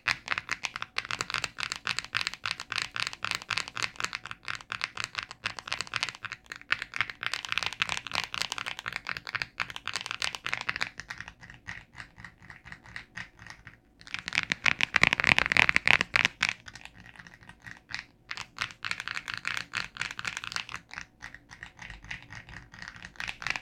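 Fingers tap on a cellphone screen and case in quick, uneven bursts of light clicks, dense and bright, with short pauses between runs. The tapping thins out near 14 seconds, then a louder, busier flurry follows around 15 seconds before the steady tapping resumes.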